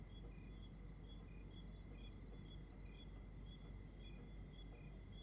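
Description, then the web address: Crickets calling in short pulsed bursts, rapid chirps at staggered pitches, set against a steady high tone and deep rumbling noise. Night ambience recorded in Rwanda. "GDC 2016-Game Audio Bundle Monte Sound - Atmospheres of Rwanda AMB External Rwanda Night Crickets"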